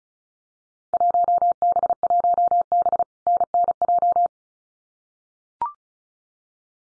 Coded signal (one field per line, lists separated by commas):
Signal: Morse code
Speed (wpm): 36 wpm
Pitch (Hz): 700 Hz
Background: none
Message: 1B1B NNJ